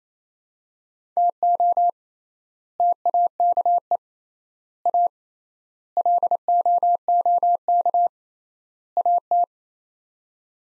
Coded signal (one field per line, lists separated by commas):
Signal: Morse code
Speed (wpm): 28 wpm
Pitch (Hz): 700 Hz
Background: none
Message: TO TAKE A LOOK AT